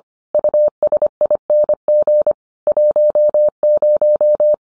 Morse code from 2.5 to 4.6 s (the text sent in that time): 10